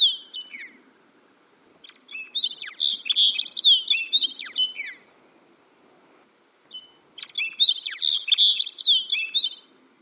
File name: Snow Bunting